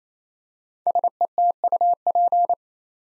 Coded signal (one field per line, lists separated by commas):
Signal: Morse code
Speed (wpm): 28 wpm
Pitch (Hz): 700 Hz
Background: none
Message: SETUP